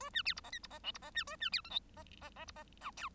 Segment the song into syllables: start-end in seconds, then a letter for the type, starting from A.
0.00-0.10 A, 0.13-0.22 B, 0.25-0.34 C, 0.36-0.41 D, 0.44-0.50 E, 0.52-0.59 F, 0.63-0.67 D, 0.70-0.79 E, 0.83-0.92 G, 0.94-0.98 D, 1.02-1.11 E, 1.15-1.24 B, 1.27-1.36 A, 1.40-1.50 B, 1.52-1.61 C, 1.64-1.70 H, 1.70-1.79 I, 1.96-2.04 E, 2.21-2.30 E, 2.36-2.45 E, 2.47-2.52 D, 2.56-2.63 E, 2.81-2.91 J, 2.97-3.09 K